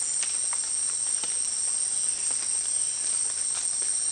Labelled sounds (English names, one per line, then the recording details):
none
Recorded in dense forest near Puerto Asís, Putumayo, Colombia, on 27 June 2025 at 18:00
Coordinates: 0.468, -76.322
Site GP03